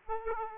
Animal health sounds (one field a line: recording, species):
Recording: mosquito wingbeat signal from an infrared sensor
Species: Aedes aegypti